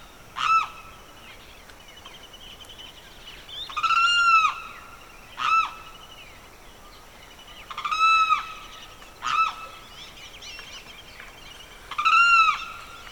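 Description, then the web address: Bird alternating short sharp calls with longer, drawn-out arched notes, every few seconds, over quiet background chirping. Evening birdsong recorded in a swamp in the Pantanal, rural South America. "The BBC Sound Effects Library - Complete 60 CDs Collection Sound Effects Library- (Rural South America) Evening Birdsong, Pantanal Swamp"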